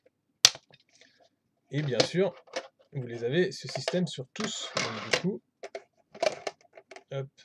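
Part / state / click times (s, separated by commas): plastic palette module joined to a neighbouring box module / seated / 0.4 s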